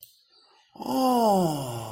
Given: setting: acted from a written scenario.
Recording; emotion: vocal sound without words; disappointment